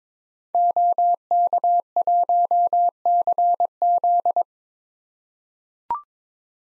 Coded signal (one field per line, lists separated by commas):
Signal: Morse code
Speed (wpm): 22 wpm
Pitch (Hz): 700 Hz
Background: none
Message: OK1CZ